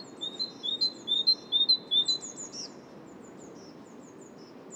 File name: Great Tit Parus major